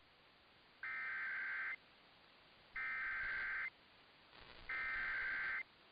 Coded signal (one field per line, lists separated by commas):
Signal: Emergency Alert System (SAME) tones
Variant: header bursts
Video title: THAT MOMENT WHEN YOU RUN OUT OF TITLE IDEAS... EAS Alerts from 3/5/25 (EAS #5,579 - 5,608)